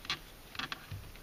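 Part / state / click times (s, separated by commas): airbag wire connector into steering wheel harness / not seated / none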